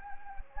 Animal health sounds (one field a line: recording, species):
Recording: mosquito wingbeat signal from an infrared sensor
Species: Anopheles gambiae